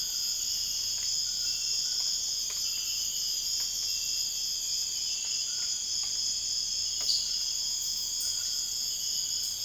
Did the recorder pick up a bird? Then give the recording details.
no. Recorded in dense forest near Puerto Asís, Putumayo, Colombia, on 13 March 2025 at 03:00. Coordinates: 0.481, -76.323. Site G088